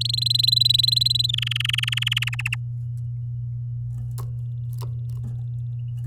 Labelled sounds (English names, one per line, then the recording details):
Domestic Canary song
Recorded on 10 May 2018 at 11:45
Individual llb16